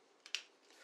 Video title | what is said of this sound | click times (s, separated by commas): Sennheiser KA 600 - A Useful XLR to 3.5mm Adaptor for Microphones | it in, and you can probably hear that it was locking there, see it? | 0.3 s